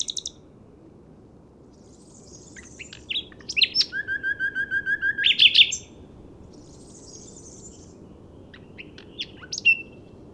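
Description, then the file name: Common nightingale song: varied sharp chirps and whistles, then a fast run of repeated low pulsed notes from about four to five seconds, ending in a loud burst, with scattered phrases after. "Luscinia megarhynchos"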